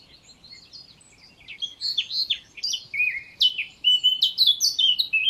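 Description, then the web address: Eurasian blackcap warbling song: quiet opening, then a rich run of varied notes that grows louder and turns to clear fluty phrases through the end. "SETE data Sylvia atricapilla"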